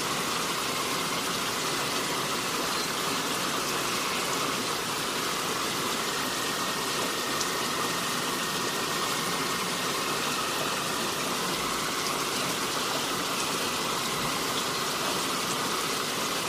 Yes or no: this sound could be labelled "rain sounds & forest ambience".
yes